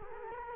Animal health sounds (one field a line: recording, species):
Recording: mosquito wingbeat signal from an infrared sensor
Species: Culex quinquefasciatus